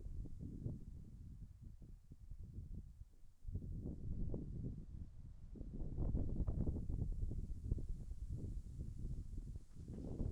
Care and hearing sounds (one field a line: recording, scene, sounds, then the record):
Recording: everyday scene through a hearing-aid microphone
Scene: wind on the microphone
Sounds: wind, birds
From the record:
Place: in front of a rural house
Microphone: behind the ear, left, front